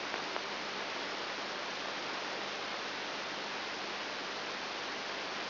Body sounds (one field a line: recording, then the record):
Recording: brain microelectrode recording played as sound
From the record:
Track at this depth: inside the subthalamic nucleus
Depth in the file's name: 1.704 mm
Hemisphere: left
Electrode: 3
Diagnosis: Parkinson's disease